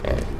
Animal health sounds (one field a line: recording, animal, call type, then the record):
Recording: contact call of a hoofed animal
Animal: wild boar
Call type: grunt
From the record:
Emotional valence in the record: positive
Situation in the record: naturally occurring affiliative interactions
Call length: 0.40 s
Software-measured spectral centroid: 1730 Hz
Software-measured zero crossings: 780 a second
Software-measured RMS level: -24 dBFS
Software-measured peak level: -8 dBFS